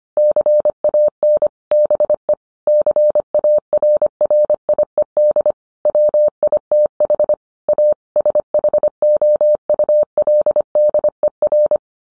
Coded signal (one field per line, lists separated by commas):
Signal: Morse code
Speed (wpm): 25 wpm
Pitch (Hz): 600 Hz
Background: none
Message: CAN BE CARRIED WITH A SHOULDER